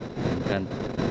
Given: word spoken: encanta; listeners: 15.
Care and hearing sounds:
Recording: one Spanish word in noise, from a listening test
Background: noise modulated by three-talker babble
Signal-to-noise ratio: -3.5 dB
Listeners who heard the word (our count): 3 of 15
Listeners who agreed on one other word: 7 of 15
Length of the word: 0.71 s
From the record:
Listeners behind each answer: 7, 3, 1, 1, 1, 1, 1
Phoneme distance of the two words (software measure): 10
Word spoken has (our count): 3 syllables, 7 phonemes, stress on syllable 2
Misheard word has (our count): 3 syllables, 7 phonemes, stress on syllable 2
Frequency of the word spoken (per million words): 8.50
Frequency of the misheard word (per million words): 12.59

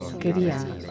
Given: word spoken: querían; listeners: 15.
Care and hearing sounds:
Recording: one Spanish word in noise, from a listening test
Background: eight-talker babble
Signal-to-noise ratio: 6.8 dB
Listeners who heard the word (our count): 0 of 15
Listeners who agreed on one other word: 7 of 15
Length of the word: 0.51 s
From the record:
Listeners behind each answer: 7, 6, 1, 1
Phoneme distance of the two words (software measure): 10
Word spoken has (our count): 3 syllables, 6 phonemes, stress on syllable 2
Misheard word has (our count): 3 syllables, 6 phonemes, stress on syllable 2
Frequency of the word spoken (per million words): 25.35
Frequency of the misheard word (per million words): 5.80

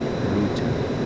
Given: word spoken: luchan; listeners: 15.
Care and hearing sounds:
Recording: one Spanish word in noise, from a listening test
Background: speech-shaped noise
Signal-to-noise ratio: -4.1 dB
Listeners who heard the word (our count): 0 of 15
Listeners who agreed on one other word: 13 of 15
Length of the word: 0.66 s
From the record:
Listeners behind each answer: 13, 2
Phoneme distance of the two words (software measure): 7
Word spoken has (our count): 2 syllables, 5 phonemes, stress on syllable 1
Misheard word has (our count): 2 syllables, 4 phonemes, stress on syllable 1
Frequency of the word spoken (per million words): 5.15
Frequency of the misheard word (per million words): 133.94

